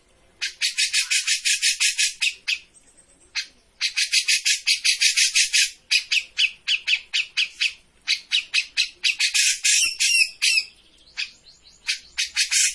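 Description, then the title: Grey-cheeked bulbul in sustained harsh chatter, long runs of rapid scratchy notes broken by brief pauses. Bird-training master of a persistently singing (gacor) bird. "Cucak Jenggot Gacor. Masteran burung cucak jenggot ! Suaka burung"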